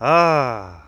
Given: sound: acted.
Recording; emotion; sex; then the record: nonverbal affect burst; pleasure; male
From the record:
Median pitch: 125 Hz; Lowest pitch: 72 Hz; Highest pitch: 172 Hz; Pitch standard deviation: 32 Hz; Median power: 71.7 dB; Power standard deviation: 11.5 dB